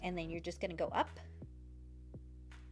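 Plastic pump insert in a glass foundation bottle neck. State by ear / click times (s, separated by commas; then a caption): released / 2.5 s. A plastic pump insert is levered out of the neck of a glass foundation bottle by pushing upward with one leg of a pair of tweezers. Someone talks over a steady background tone, then the insert pops free with a short pop at 2.5 seconds, releasing it from the bottle.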